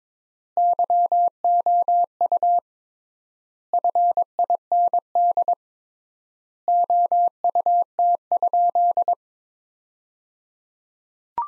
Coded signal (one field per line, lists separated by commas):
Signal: Morse code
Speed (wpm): 22 wpm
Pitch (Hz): 700 Hz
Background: none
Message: YOU FIND OUT?